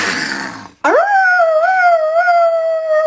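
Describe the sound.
A child, standing about 2 metres from the microphone on Polish Radio's Trójka (Program Trzeci), imitates a wolf howl as a superpower demonstration: after a brief burst of noise and a pause, a single high, sustained wail rises sharply, then holds steady with a slight waver for over two seconds.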